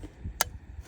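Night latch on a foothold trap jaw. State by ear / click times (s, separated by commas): seated / 0.4 s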